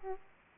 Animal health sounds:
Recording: mosquito wingbeat signal from an infrared sensor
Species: Aedes aegypti

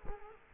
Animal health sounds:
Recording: mosquito wingbeat signal from an infrared sensor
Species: Culex quinquefasciatus

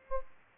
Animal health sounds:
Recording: mosquito wingbeat signal from an infrared sensor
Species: Aedes aegypti

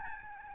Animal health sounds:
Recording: mosquito wingbeat signal from an infrared sensor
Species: Aedes albopictus

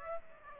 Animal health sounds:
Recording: mosquito wingbeat signal from an infrared sensor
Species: Aedes aegypti

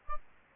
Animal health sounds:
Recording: mosquito wingbeat signal from an infrared sensor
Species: Aedes albopictus

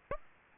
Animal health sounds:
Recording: mosquito wingbeat signal from an infrared sensor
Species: Aedes aegypti

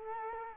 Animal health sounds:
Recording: mosquito wingbeat signal from an infrared sensor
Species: Culex quinquefasciatus

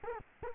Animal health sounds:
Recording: mosquito wingbeat signal from an infrared sensor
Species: Culex quinquefasciatus

